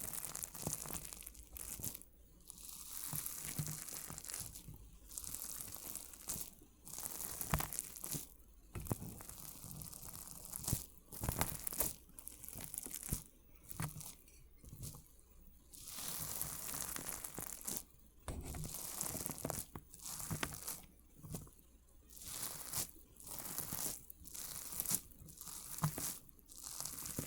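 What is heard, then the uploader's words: Water beads are crushed and squeezed, making dense, crackly squelching bursts that come in waves every second or two. Sharp clicks and pops cut through the wet crunching, with brief quieter gaps between handfuls and a faint low hum underneath. ASMR ONLY Crushing water beads sounds Visual Triggers for Relieving Stress (No Talking).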